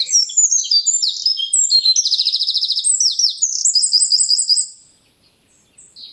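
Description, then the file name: Eurasian wren singing a loud, high, rapid song of trills and sharp twitters lasting almost five seconds, then a short pause before a brief restart. "Troglodytes troglodytes"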